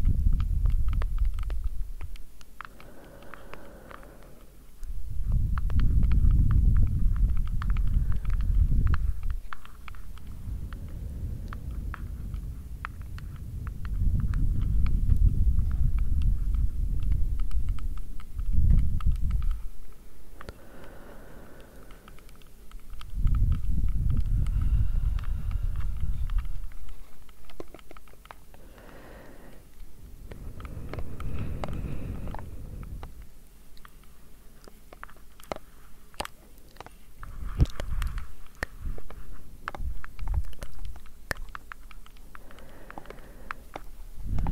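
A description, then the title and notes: Gentle tapping clicks scattered throughout, with repeated low, rushing breaths and blowing sounds swelling every few seconds, some lasting several seconds at a time. Gentle Tapping - Breathing, Blowing.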